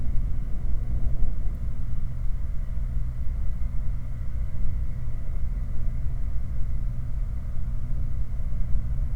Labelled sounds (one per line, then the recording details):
machinery
flare stack
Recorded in the Prudhoe Bay oil fields, Alaska, on 19 July 2019 at 06:16
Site 29